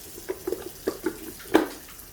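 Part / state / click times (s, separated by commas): cleaned plastic component going back into a cat water fountain / seated / 1.6 s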